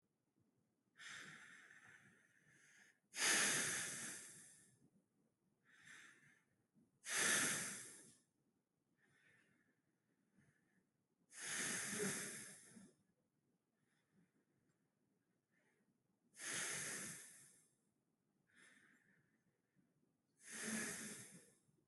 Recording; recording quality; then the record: deep breathing; excellent, no background noise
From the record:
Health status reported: healthy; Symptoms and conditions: none ticked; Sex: male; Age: 25 years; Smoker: not ticked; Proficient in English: yes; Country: India